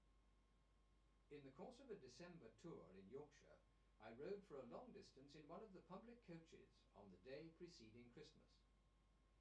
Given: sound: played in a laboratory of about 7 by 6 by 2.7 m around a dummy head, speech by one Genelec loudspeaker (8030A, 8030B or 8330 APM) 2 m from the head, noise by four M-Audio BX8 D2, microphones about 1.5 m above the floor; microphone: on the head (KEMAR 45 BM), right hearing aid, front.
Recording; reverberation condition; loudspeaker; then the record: male speech in English; low; 120 degrees to the left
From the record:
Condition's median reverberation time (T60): about 310 ms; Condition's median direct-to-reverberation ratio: about 3.5 dB